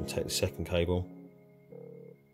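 Someone talks while handling a second crimped metal terminal and wire, getting it ready to push into a plastic waterproof connector housing. After the talking, a quiet steady hum rises around 1.7 s and fades near 2.2 s. Nothing has seated or clicked yet.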